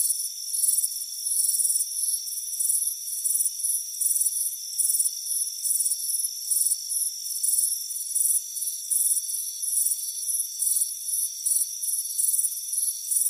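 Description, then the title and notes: Crickets give rapid high chirps in bursts crowding close together, with a steady shrill drone underneath throughout. Warm afternoon, front porch. "Soothing Crickets Chirping Sound. It's a warm afternoon as you relax in a hammock on the front porch"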